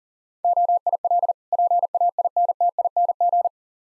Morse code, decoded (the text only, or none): OIL PAINTING